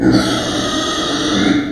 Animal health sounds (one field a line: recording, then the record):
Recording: squeal of a Yucatan mini pig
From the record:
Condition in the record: before surgery on the right vocal fold (resection and tissue-engineered implant)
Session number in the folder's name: 3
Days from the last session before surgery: 0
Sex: female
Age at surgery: 19 weeks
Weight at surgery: 25 kg